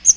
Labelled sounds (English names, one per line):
Magnolia Warbler flight call